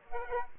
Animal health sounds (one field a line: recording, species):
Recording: mosquito wingbeat signal from an infrared sensor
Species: Aedes aegypti